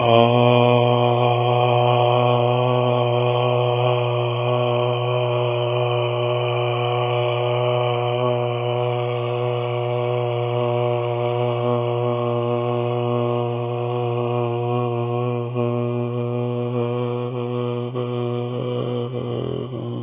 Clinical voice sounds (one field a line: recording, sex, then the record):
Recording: sustained vowel /a/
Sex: male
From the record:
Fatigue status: no fatigue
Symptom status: symptomatic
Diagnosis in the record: COVID-19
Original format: 3gp